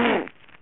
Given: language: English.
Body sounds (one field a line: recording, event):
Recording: throat vibration sensor signal played as sound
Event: throat clearing